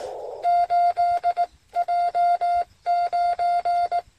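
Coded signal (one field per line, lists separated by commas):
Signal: Morse code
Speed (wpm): 18 wpm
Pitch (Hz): 700 Hz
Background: none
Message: 8J9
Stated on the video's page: QRP operation with FT-817, T1-ATU tuner and homemade Zepp antenna.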